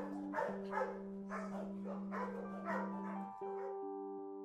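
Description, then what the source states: Dog barking, several quick harsh barks close together over a constant low hum, ending with only the tonal drone. Recorded inside a dog boarding house.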